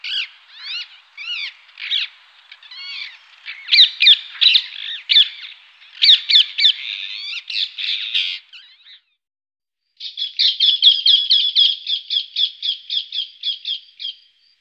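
Rose-ringed Parakeet harsh squawking calls, rapid shrill notes in bursts, then after a short pause a fast even series of screeches for about four seconds.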